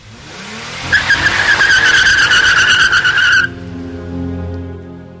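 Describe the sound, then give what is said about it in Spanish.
A car's tires squeal in a loud, high-pitched skid for a few seconds, then the screech cuts off and a lower engine rumble carries on as the car speeds away; it is Mulder and Scully's car. “¡Ese es nuestro coche!”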